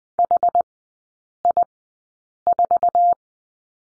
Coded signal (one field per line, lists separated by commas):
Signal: Morse code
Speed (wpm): 20 wpm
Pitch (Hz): 700 Hz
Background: none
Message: HI4